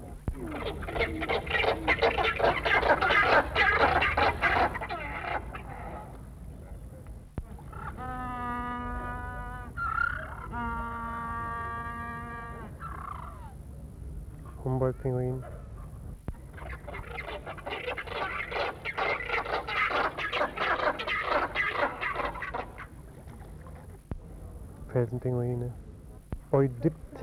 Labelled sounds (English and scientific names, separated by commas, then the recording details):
Southern Rockhopper Penguin (Eudyptes chrysocome) call
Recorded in captivity
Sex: pair
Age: adult
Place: Tierpark Carl Hagenbeck, Hamburg, DE
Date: 1961-08-25 15:00
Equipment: Minifon, Kopie Smaragd
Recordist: Tembrock, Günter